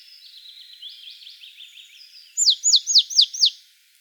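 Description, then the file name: Marsh tit giving a rapid run of five loud, high, sharply downslurred notes after a stretch of fainter thin notes. "Poecile palustris"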